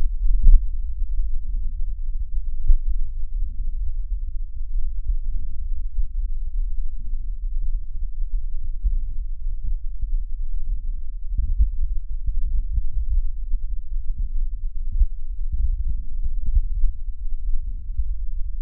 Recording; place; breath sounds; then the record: lung sounds by stethoscope; right posterior lower chest; crackles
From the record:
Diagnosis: bronchitis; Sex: male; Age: 20 years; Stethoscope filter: bell mode, 20 to 200 Hz